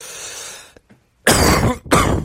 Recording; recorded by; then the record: voluntary cough; messaging app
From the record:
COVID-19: positive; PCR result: self-reported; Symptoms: no